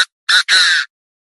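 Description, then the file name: Partridge giving loud raspy squawks: a clipped start, then a short grating note and a longer harsh, buzzy call, with no other sounds. "Tieng ga go"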